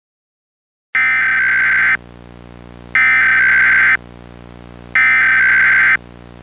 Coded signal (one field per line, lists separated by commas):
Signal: Emergency Alert System (SAME) tones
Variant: header bursts